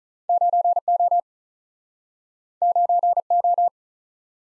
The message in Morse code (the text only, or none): 9 O 9 O